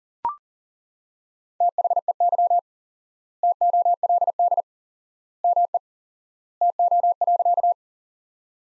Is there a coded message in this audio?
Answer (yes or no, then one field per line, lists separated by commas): yes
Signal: Morse code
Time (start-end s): 1.6-7.7 s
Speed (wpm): 40 wpm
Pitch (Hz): 700 Hz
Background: none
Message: THEY TOLD ME TO.